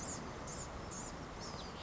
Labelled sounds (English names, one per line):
Blue-gray Gnatcatcher